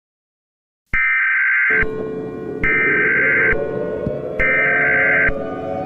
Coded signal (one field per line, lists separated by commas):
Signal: Emergency Alert System (SAME) tones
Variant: header bursts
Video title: The Turkey Hunters | A Thanksgiving EAS Scenario (Special)